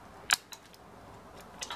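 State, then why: Seated. A plastic battery back cover is pressed onto the housing of a marquee light-up Christmas tree decoration; the cover tends to stick and takes extra time to fit. A sharp snap at 0.3 s marks the cover seating in place, followed by fainter ticks around 0.5 s and 1.6–1.7 s.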